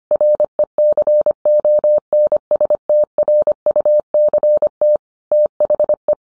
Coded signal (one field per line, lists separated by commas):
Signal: Morse code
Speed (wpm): 25 wpm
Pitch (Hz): 600 Hz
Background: none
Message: RECONSTRUCT THE